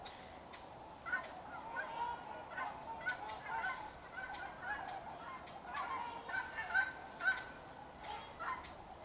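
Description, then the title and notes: Trumpeter Swan calls: brassy honking notes repeated irregularly. Soundscape at Ridgefield National Wildlife Refuge, January 30, 2024; brassy oh-OH calls in the foreground. "Ridgefield Swans. In our soundscape at Ridgefield National Wildlife Refuge, recorded January 30, 2024, we hear two species. In the foreground is the call of the Trumpeter Swan. The Trumpeter sounds like a brassy, oh-OH"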